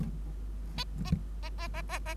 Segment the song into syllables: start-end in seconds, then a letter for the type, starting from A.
0.77-0.84 A, 1.04-1.11 A, 1.43-1.49 A, 1.58-1.68 A, 1.74-1.82 A, 1.89-1.99 A, 2.06-2.14 A